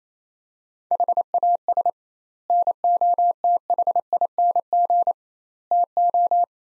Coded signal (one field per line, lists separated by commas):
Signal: Morse code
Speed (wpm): 28 wpm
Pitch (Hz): 700 Hz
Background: none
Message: HAS NOTHING TO